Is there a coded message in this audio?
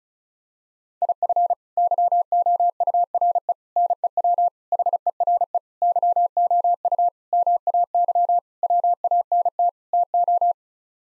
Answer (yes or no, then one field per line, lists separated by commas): yes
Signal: Morse code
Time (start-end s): 1.0-10.5 s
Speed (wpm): 34 wpm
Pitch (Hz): 700 Hz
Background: none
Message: IF YOURE NEW HERE YOU MAY WANT TO